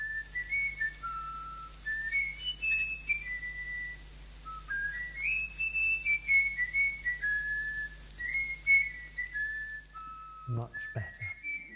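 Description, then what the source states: Eurasian bullfinch whistling a slow tune of pure, sustained notes that step up and down in short phrases, a few brief clicks near the end. Song learned from a forester's whistled training tune; bullfinch transposes the tune up a semitone and filters out the forester's breathy whistles; from historic German forester-trained bullfinch research.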